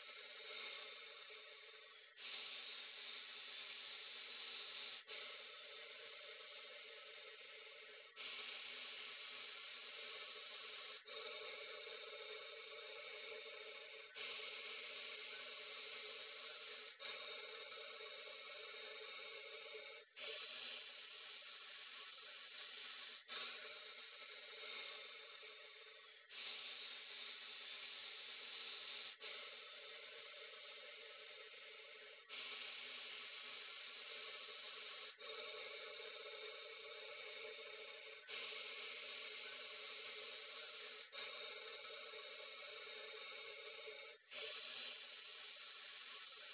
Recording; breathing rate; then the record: paced breathing near a phone; 10 breaths a minute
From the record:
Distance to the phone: 40 cm